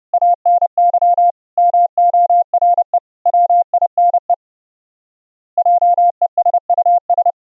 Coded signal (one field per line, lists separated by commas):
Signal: Morse code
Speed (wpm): 30 wpm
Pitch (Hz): 700 Hz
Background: none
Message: ANY MORE WINE JESUS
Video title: using the PulseEffects APP to clean up a harsh square wave CW sidetone from a CW KEYERs audio output